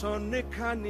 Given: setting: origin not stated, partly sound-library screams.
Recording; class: one-second piece from a danger detection set; normal situation